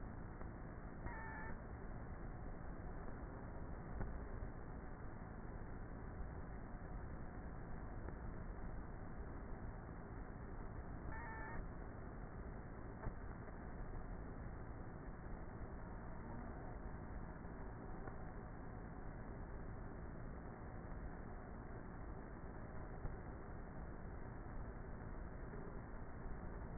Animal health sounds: honeybee colony, microphone inside the hive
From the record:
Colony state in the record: queenless with a low population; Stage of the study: before two queens were removed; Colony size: about 30,000 bees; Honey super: no

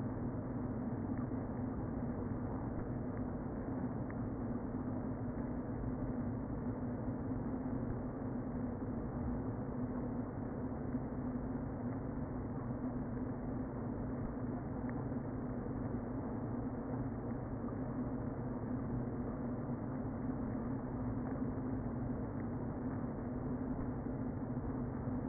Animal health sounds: honeybee colony, microphone inside the hive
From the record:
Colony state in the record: queen present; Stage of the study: before two queens were removed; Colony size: about 60,000 bees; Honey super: yes

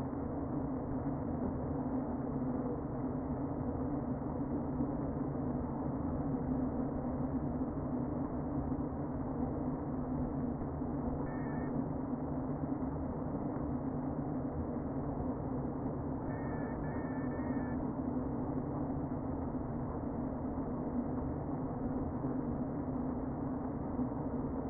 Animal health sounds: honeybee colony, microphone inside the hive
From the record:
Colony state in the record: queen present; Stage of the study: before two queens were removed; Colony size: about 60,000 bees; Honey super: yes

